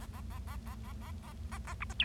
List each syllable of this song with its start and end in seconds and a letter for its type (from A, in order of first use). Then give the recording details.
0.00-0.06 A, 0.13-0.20 A, 0.30-0.39 A, 0.47-0.56 A, 0.66-0.75 A, 0.84-0.93 A, 1.01-1.11 A, 1.23-1.32 A, 1.52-1.58 A, 1.67-1.73 A, 1.80-1.84 B, 1.90-1.93 C, 1.99-2.04 D. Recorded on 25 March 2012 at 19:14. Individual gy6or6